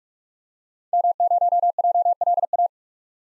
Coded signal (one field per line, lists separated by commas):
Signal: Morse code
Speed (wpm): 46 wpm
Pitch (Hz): 700 Hz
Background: none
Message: M0JLA